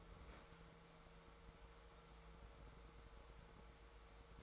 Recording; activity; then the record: daily activity, microphone in the room; open fridge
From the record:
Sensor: 3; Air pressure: 1014.8 hPa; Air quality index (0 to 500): 195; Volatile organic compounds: 26 ppm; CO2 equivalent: 2854 ppm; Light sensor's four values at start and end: 12/29/12/12 and 12/29/12/12